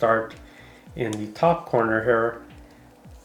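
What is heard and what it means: The front cover of a hard plastic TORRAS case is being handled and positioned from the top corner onto a Samsung Galaxy Z Fold 6 folding phone while someone talks. Nothing has seated or clicked yet.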